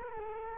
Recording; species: mosquito wingbeat signal from an infrared sensor; Culex quinquefasciatus